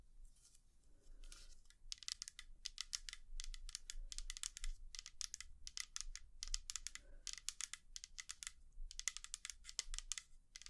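Quick tapping clicks come in uneven bursts, crisp and bright, sometimes packed into rapid runs and sometimes spaced with short pauses. A low steady hum sits underneath throughout, and a faint softer tone appears briefly around one, four and seven seconds.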